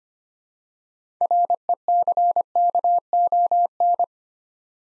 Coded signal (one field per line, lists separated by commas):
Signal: Morse code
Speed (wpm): 25 wpm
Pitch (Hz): 700 Hz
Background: none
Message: RECKON